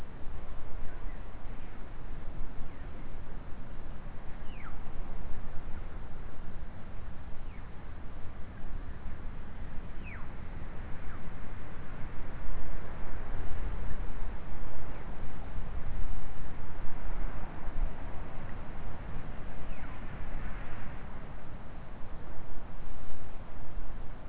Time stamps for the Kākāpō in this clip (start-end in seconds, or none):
none